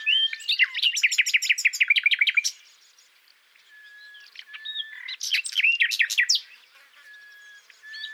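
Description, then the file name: Common nightingale sings a fast, rhythmic series of rich notes, falls quiet with faint whistles, then bursts into another vigorous phrase. "Luscinia megarhynchos"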